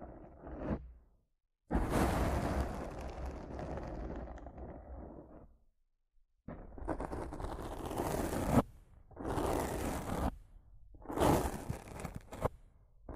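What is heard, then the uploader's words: Rough scratching and brushing against a microphone, in loud, hissy bursts separated by sudden silences. A long rubbing stretch runs from about two to five seconds, then shorter strokes follow, each ending abruptly, with a low rumble under the scraping. Rough Mic Scratching & Brushing (No Talking).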